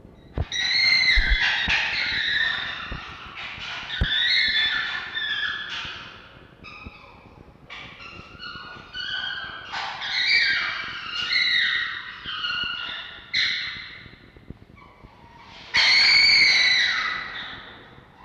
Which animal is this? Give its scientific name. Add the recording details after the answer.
Vulpes vulpes. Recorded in captivity. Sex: group. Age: adult. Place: Zoologisches Institut der HUB, Berlin, DE. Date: 1952-02-21 17:00. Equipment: Elmetra. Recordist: Tembrock, Günter. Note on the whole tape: Jupp, Castor und Pollux zusammen in Käfig 5a. Jupp: dunkles Keckern, hohe Intensität; Castor: helles Keckern (?); Pollux: Kreischwinseln